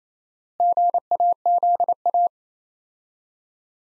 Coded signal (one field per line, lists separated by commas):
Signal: Morse code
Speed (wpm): 28 wpm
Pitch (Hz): 700 Hz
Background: none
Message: GAZA